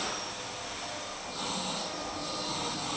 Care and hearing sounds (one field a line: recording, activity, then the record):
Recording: daily activity, microphone in the room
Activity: vacuum cleaning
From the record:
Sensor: 1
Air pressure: 999.3 hPa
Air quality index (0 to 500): 206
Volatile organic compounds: 48 ppm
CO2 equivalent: 3262 ppm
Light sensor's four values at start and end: 9/22/8/9 and 9/22/8/9